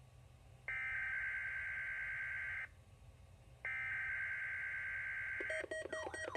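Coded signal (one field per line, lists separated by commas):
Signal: Emergency Alert System (SAME) tones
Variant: header bursts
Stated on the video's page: Real Required Weekly Test using the new voice.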